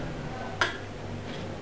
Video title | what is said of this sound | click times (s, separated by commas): Umetnička škola Niš - April Vollmer | feel it click into position and this feels | 0.6 s